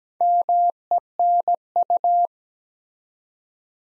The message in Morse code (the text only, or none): MENU